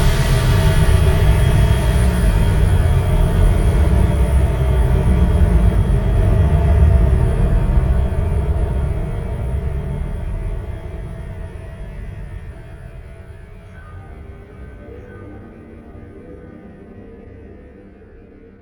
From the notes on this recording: 6.0hz binaural ambient soundtrack